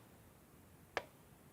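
A plastic threaded ring is lined up on the threaded part of an AN8008 multimeter and turned counterclockwise until its thread drops into the start of the mating thread. A single short, sharp click is heard at 0.97 s against a quiet background. The ring is seated at the thread start and ready to be screwed in.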